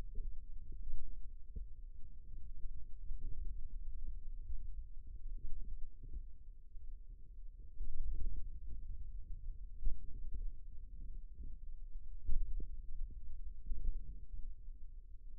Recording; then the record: forearm muscle sounds (acoustic myography)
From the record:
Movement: finger pinch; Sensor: system 2, bracelet of six BSWA MPA416 microphones around the upper forearm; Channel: 2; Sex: male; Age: 22 years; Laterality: right